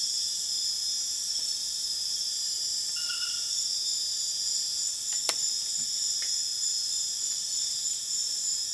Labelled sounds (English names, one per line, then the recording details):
none
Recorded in dense forest near Puerto Asís, Putumayo, Colombia, on 25 June 2025 at 21:00
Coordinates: 0.484, -76.325
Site H65